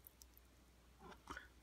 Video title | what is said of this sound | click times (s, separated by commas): CHA/V Build Guide pt. 7: Installing the IC | well that wasn't gonna click sometimes they click yeah | none